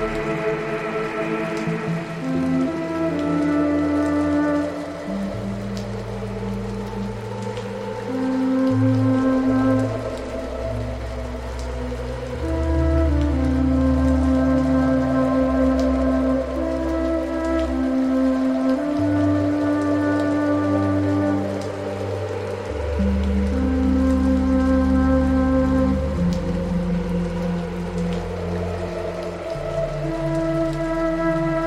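Light rain patters steadily over slow, soft music with sustained low tones and gentle melodic notes that shift every few seconds.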